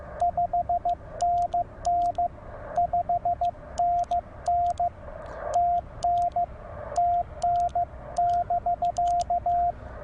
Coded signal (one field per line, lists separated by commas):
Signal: Morse code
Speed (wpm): 16 wpm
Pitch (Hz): 720 Hz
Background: radio noise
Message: 5NN 5NN TN TN <BK>